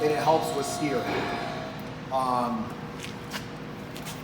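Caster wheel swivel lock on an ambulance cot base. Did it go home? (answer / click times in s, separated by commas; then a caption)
no / none. The directional caster wheels on an ambulance cot base are being handled and turned while someone talks, with music faintly underneath and a couple of brief sharp sounds near 3.0 and 4.0 seconds. Nothing has seated or clicked into place yet; the swivel lock has not engaged by the end.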